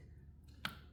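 A torque wrench tightens the oil filter on a Kawasaki Z H2 motorcycle, with a low steady hum underneath. The wrench gives a single sharp click at 0.7 seconds as it reaches its set torque.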